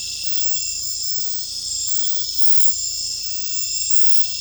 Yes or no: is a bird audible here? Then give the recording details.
no. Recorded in secondary vegetation near Puerto Asís, Putumayo, Colombia, on 16 December 2024 at 20:00. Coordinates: 0.499, -76.323. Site G010